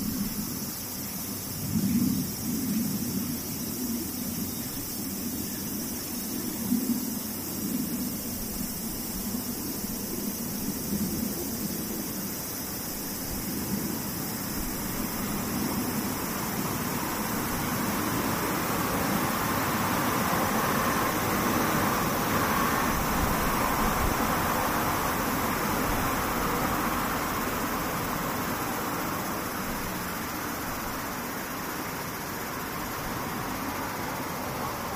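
Cicadas drone in a dense, unbroken buzzing wash that brightens and swells slightly after the midpoint, over a faint low rumble early on.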